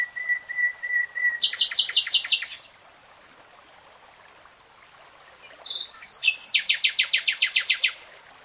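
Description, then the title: Nightingale singing: soft whistled notes leading into a fast repeated series, a pause, then another loud run of rapid pulsed notes. Nightingale singing in real time. "[Tiếng chim hót] 3 Hours REALTIME Nightingale Singing"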